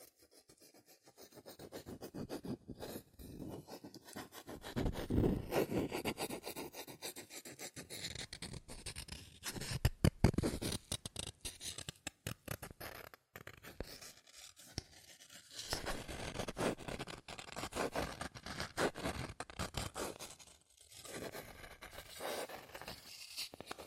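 Fingers scratch, tap and trace across cardboard and paper in quick, dense bursts, with a sharp tap near ten seconds and brief pauses between passages.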